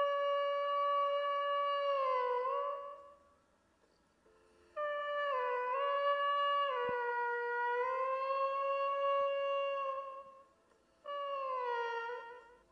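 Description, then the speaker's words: Beluga whale: beluga whistles: three bouts of sustained, steady, harmonic-rich squealing tones with small downward dips, separated by short silences. Belugas, called canaries of the sea, are endemic to Arctic and subarctic waters and move south when the Arctic sea freezes over, staying in Arctic or subarctic waters. "Voy a cerrar este podcast con el sonido de la beluga, también conocidos como los canarios del mar."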